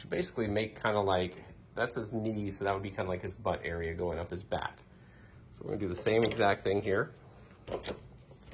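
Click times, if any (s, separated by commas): none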